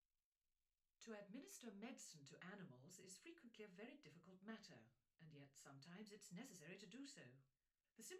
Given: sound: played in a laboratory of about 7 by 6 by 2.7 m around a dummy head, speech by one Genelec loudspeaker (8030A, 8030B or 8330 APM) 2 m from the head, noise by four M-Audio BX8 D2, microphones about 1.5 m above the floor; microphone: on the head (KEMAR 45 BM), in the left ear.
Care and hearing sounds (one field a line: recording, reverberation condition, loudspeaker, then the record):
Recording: female speech in English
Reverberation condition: low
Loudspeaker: behind (180 degrees)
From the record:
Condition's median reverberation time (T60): about 310 ms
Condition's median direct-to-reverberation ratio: about 3.5 dB